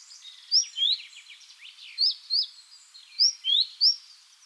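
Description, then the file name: Great tit calling with bright, high notes in a few short groups, over faint chirps and twittering in the background. "Parus major"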